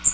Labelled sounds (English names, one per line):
Magnolia Warbler flight call